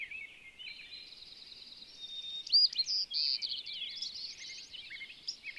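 Bird song of jumbled whistles, twitters and buzzy trills, loudest toward the middle.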